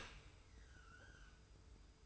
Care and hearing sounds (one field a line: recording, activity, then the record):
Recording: daily activity, microphone in the room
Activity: open dishwasher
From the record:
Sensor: 2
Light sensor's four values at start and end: 40/114/45/43 and 40/114/45/43